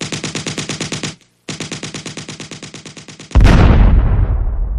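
Rapid automatic gunfire rattles at targets in fast, even bursts with a brief pause. Then a target loaded with melinite explodes unexpectedly in a loud, deep boom that rumbles out over the final second and a half.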